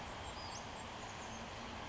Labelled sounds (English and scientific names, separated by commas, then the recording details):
Western Flycatcher (Empidonax difficilis)
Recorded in Sonoma County, California